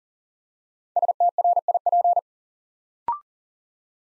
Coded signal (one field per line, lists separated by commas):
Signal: Morse code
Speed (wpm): 40 wpm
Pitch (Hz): 700 Hz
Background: none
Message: STRIP